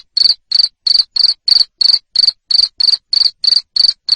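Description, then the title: Cricket chirps, loud shrill pulses repeated about three times per second without pause. Loud cricket chirping used to stimulate lovebirds into continuous chattering song. "Suara JANGKRIK NGERIK Keras Bikin LOVEBIRD Jadi NGEKEK Terus Vubey"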